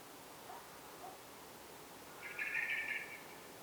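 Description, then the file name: Eurasian blackbird producing a single short, harsh rattling burst after a quiet start. "Turdus merula"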